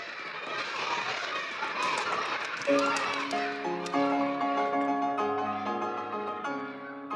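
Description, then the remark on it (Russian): A kindergarten relay race shown on television: a lively burst of excited young children's voices, shouting and scuffling, gives way after a few seconds to steady, sustained musical tones that continue to the end. “Игорь переключает каналы. Показывает эстафету в детском саду.”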